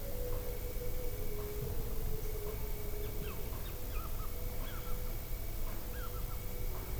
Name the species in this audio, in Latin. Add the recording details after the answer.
Athene noctua. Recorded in France